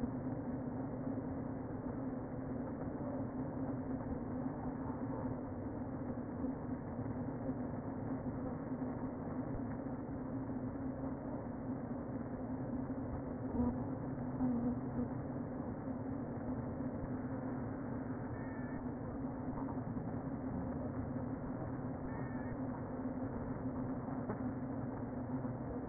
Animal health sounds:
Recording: honeybee colony, microphone inside the hive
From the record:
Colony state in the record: queen present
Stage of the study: before two queens were removed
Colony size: about 60,000 bees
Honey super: yes

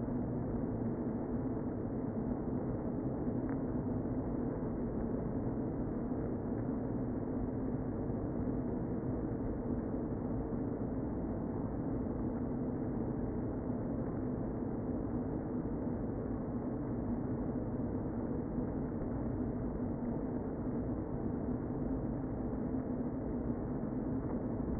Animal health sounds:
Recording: honeybee colony, microphone inside the hive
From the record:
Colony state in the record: queen present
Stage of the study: before two queens were removed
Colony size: about 60,000 bees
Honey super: yes

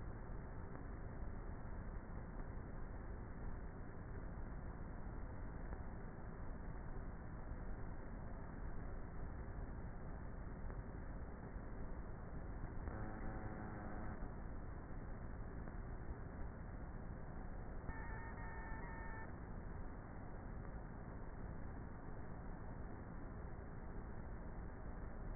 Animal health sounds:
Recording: honeybee colony, microphone inside the hive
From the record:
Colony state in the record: queenless with a low population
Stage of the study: before two queens were removed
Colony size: about 30,000 bees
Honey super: no

